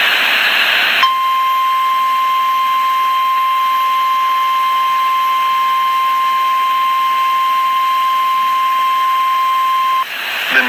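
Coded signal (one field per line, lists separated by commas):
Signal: Emergency Alert System (SAME) tones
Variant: 1050 Hz attention tone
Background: speech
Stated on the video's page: Flash Flood Warning sent as an EAS alert.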